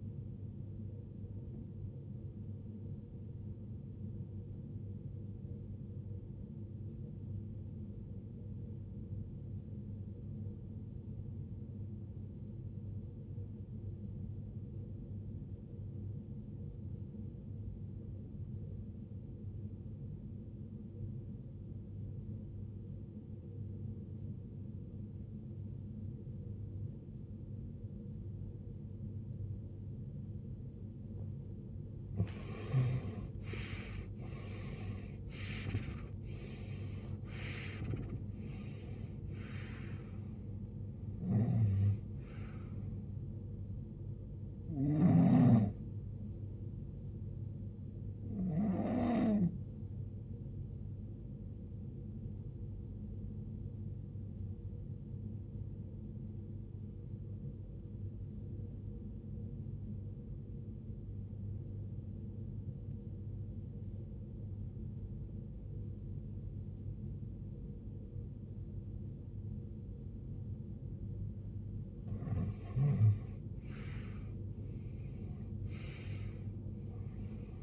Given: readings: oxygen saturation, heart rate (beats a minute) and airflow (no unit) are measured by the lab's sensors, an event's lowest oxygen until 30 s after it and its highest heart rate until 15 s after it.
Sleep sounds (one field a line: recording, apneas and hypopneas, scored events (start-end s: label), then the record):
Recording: breathing in sleep by a smartphone at the bedside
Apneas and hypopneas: 2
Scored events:
7.00-31.20 s: obstructive apnea (REM, oxygen 91% highest, then 80% lowest, heart rate 68 at the start, 83 highest)
56.00-72.40 s: obstructive apnea (REM, oxygen 82% highest, then 82% lowest, heart rate 57 at the start, 82 highest)
From the record:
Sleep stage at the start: REM sleep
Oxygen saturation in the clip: 79 to 91%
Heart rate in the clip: 45 to 83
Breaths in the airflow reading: 9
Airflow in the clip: -22.1 to 21.5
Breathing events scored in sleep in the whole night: 389 in 6.3 hours asleep